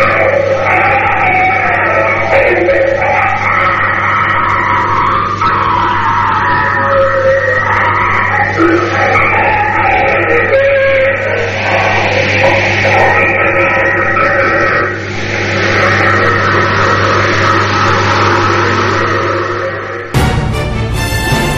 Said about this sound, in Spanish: Estamos hablando de que son solo suposiciones y ruidos que nosotros hemos identificado así, no quiere decir que eso sea realmente así. Vale, así que recordad, ruidos de lo que parece una matanza de cerdos mezclados con ruidos de trenes.